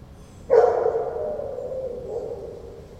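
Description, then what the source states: Dog howling: one loud wavering howl starts abruptly, holds steady, then slowly fades. Friedrichshain, Corinthstraße, Berlin, 14 September 2012; dog in a patio recorded from a rented apartment's bathroom window; barking and howling for hours, a sad sound.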